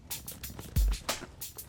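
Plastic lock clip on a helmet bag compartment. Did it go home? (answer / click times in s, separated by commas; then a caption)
no / none. A plastic lock clip on a compartment of a Dainese helmet carrier bag is handled while the bag is unpacked, over background music. Short sharp hits stand out, with a strong low thump near 0.8 s and a sudden sharp hit at about 1.1 s. Nothing has seated or clicked shut yet.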